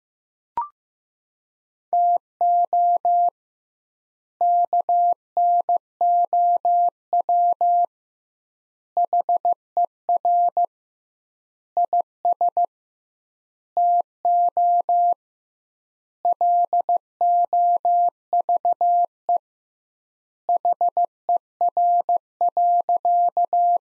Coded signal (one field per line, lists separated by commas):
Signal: Morse code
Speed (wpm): 15 wpm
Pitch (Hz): 700 Hz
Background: none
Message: TO KNOW HER IS TO LOVE HER.